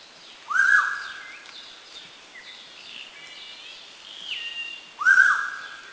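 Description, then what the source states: Hooded pitta whistles twice, a sharp upslurred then level note at each end, amid several thinner chirps and whistles from other birds. Recorded at Subic, Philippines, in 2010.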